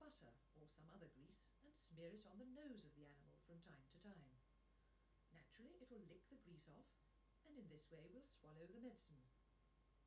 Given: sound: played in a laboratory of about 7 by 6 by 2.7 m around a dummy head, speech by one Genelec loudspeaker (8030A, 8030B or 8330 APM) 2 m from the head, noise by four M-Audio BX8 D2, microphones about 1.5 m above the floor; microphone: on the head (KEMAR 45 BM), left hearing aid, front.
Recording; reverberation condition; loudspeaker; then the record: female speech in English; low; 30 degrees to the right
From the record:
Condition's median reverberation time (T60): about 310 ms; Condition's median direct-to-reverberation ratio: about 3.5 dB